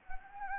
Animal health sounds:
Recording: mosquito wingbeat signal from an infrared sensor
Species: Anopheles gambiae

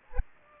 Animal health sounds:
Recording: mosquito wingbeat signal from an infrared sensor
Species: Aedes aegypti

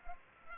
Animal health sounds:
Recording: mosquito wingbeat signal from an infrared sensor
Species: Culex pipiens

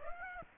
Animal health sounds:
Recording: mosquito wingbeat signal from an infrared sensor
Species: Aedes aegypti

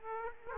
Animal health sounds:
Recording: mosquito wingbeat signal from an infrared sensor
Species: Aedes aegypti

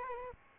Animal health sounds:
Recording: mosquito wingbeat signal from an infrared sensor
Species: Aedes albopictus

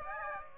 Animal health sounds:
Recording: mosquito wingbeat signal from an infrared sensor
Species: Aedes aegypti

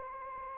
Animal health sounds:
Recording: mosquito wingbeat signal from an infrared sensor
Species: Anopheles gambiae

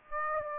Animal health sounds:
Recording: mosquito wingbeat signal from an infrared sensor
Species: Aedes aegypti

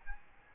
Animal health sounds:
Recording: mosquito wingbeat signal from an infrared sensor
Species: Aedes albopictus

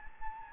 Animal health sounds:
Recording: mosquito wingbeat signal from an infrared sensor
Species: Anopheles gambiae

